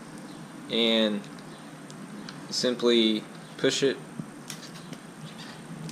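Someone talks while a plastic mounting clip is handled and pushed onto the back of an OEM window rain guard for a 2017 WRX, with faint light taps around 1.9, 2.3, 4.5 and 5.9 seconds. The clip has not clicked into place yet, so nothing has seated.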